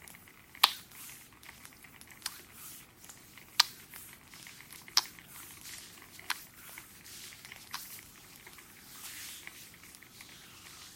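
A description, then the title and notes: An ASMR massage: soft, hissy rubbing and crinkling continues throughout, broken by sharp clicks or taps roughly every one and a half seconds. ASMR front massage.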